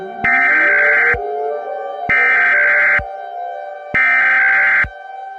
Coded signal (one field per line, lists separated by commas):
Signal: Emergency Alert System (SAME) tones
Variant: header bursts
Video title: Mini EAS Scenario: Clash of the Thundermans